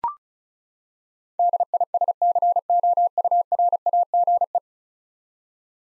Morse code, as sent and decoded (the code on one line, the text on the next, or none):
-.. .. ... -.-. --- ..- .-. .- --. .
DISCOURAGE